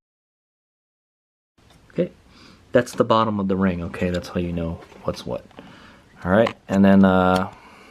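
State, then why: Not seated. A plastic trim ring is handled on a motorcycle's headlight housing, aligned over its tab, while someone talks throughout. Nothing has seated or snapped into place yet by the end of the clip.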